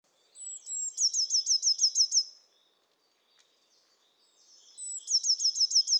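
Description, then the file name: Eurasian blue tit giving a high, thin opening note followed by a fast trill of several bright notes, the phrase given twice with a silent gap between. "Cyanistes caeruleus"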